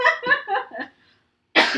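A brief laugh, then a pause and one sharp, harsh cough burst from an adult woman with bronchitis that is trying to turn into pneumonia. She is not completely over it, and it is not COVID.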